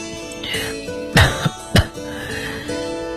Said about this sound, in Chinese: K 爹没有说话，德里特里便咳嗽了两声，继续说下去。